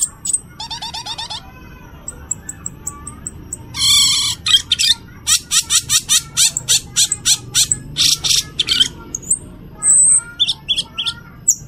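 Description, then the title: Cucak keling delivering a lively mix of fast trills, scratchy bursts and crisp repeated chips, with a few whistled notes near the end. Various fill songs (aneka isian). "Cucak Keling EmCeEm"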